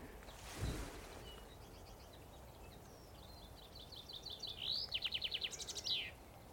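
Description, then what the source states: Chaffinch song: faint chips build into a loud, fast trill that ends in a brief flourish, over steady outdoor background noise. Male at a roadside oak beside a lane in the Brecon Beacons; about 7 a.m. on a frosty, sunny spring morning.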